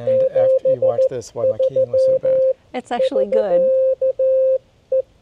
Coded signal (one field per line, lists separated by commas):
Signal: Morse code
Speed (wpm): 14 wpm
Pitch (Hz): 530 Hz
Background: speech, radio noise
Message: 73 <SK> E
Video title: Handheld HF Radio?